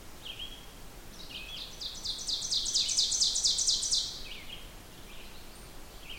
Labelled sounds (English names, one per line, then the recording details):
Ovenbird song
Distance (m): 35 m
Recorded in boreal forest in Alberta, Canada, on 16 June 2016 at 08:03
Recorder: SongMeter 3, array SBT-3-32
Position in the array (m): 144 m, 26 m
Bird 36